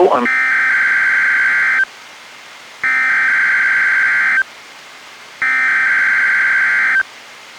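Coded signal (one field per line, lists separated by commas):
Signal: Emergency Alert System (SAME) tones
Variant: header bursts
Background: speech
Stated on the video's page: NWR required weekly test from NWS Spokane, relayed by station WXM48, recorded directly from a Reecom R-1630 weather radio; live voice barely coming through.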